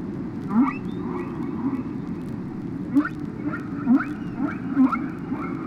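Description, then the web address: Whale calls: several brief rising chirps, some with higher upsweeps, over a steady low rumble. "KU whales"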